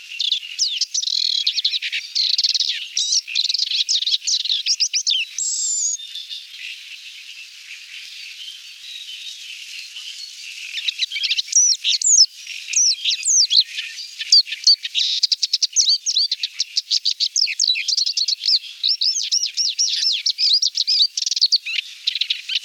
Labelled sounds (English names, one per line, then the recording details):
Paddyfield Warbler song
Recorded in the wild
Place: Damtschik/Wolgadelta, RU
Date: 1998-05-15
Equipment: Dat-Recorder Casio DA 7, Telinga DAT, Telinga-Parabolspiegel
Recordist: Schwarz, Dieter